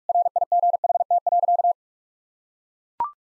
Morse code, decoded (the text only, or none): RIGHT.